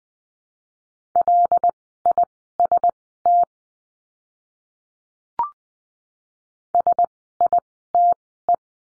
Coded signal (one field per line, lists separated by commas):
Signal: Morse code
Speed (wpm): 20 wpm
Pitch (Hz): 700 Hz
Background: none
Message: LIST SITE